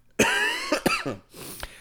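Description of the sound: A short run of three or four harsh, partly voiced coughs from an adult man who is sick with some kind of sinus infection and losing his voice.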